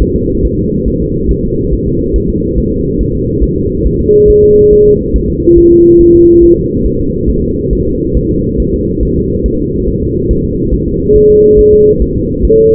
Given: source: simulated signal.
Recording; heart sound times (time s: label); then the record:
fetal heart sounds
0.02 s: S1
0.16 s: S2
0.45 s: S1
0.59 s: S2
0.88 s: S1
1.02 s: S2
1.31 s: S1
1.45 s: S2
1.74 s: S1
1.88 s: S2
2.16 s: S1
2.30 s: S2
2.58 s: S1
2.72 s: S2
3.01 s: S1
3.15 s: S2
3.44 s: S1
3.58 s: S2
3.87 s: S1
4.01 s: S2
4.30 s: S1
4.44 s: S2
4.73 s: S1
4.87 s: S2
5.16 s: S1
5.30 s: S2
5.58 s: S1
5.73 s: S2
6.01 s: S1
6.15 s: S2
6.44 s: S1
6.58 s: S2
6.86 s: S1
7.01 s: S2
7.30 s: S1
7.44 s: S2
7.73 s: S1
7.87 s: S2
8.17 s: S1
8.31 s: S2
8.60 s: S1
8.74 s: S2
9.03 s: S1
9.17 s: S2
9.46 s: S1
9.60 s: S2
9.88 s: S1
10.03 s: S2
10.31 s: S1
10.45 s: S2
10.74 s: S1
10.88 s: S2
11.16 s: S1
11.30 s: S2
11.59 s: S1
11.73 s: S2
12.02 s: S1
12.16 s: S2
12.45 s: S1
12.59 s: S2
From the record:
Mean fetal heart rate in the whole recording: 140 bpm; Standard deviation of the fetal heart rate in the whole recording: 2 bpm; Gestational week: 34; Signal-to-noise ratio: -14.7 dB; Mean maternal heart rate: 72 bpm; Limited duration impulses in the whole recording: present